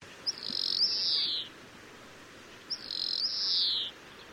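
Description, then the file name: European greenfinch giving two long, buzzy, nasal wheezes, each sliding slightly downward and lasting about a second, over quiet background hiss. "Chloris chloris"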